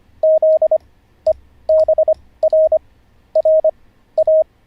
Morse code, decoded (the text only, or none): Z E BR R A